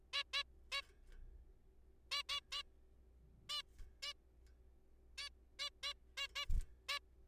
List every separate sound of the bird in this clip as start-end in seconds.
0.13-0.23, 0.33-0.43, 0.72-0.81, 2.12-2.22, 2.29-2.40, 2.52-2.62, 3.50-3.62, 4.03-4.13, 5.18-5.29, 5.59-5.69, 5.83-5.93, 6.18-6.27, 6.36-6.45, 6.89-6.99